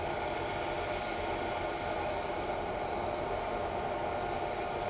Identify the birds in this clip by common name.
none